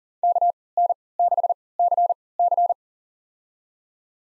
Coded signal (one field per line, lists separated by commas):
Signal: Morse code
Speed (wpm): 40 wpm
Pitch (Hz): 700 Hz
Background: none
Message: KN6CC